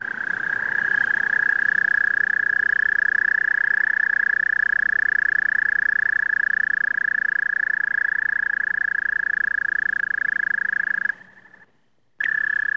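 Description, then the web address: American toad singing a long, steady, high musical trill that holds one pitch for about eleven seconds, breaks off briefly, then starts again. "toad american singing birds in bg"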